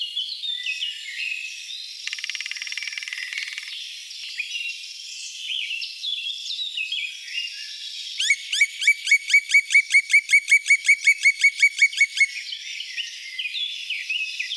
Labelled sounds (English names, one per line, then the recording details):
Black Woodpecker
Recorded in the wild
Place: Jägerhof / Breisach am Kaiserstuhl, Baden-Württemberg, DE
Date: 1986-05-01
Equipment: Uher Report Monitor
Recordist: Schwarz, Dieter
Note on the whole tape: Call and drumming